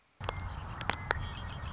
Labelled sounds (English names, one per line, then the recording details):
Red-winged Blackbird
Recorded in Sonoma County, California